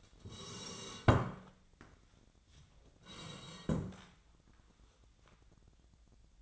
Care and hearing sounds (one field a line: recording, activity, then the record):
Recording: daily activity, microphone in the room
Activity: sit down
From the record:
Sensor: 3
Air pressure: 1012.3 hPa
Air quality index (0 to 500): 172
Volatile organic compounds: 3 ppm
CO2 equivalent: 1324 ppm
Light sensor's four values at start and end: 90/194/96/109 and 67/159/74/81